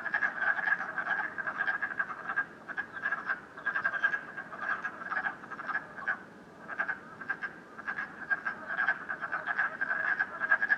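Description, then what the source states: Frogs croaking in a dense chorus, many short pulsed croaks overlapping continuously with rising and falling bursts of loudness. Several frogs croaking at night in Canada, recorded during the COVID-19 period.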